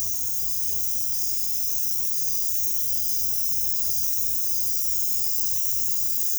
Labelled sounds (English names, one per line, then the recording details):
none
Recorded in pastures near Puerto Asís, Putumayo, Colombia, on 22 December 2024 at 01:00
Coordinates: 0.487, -76.322
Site GP09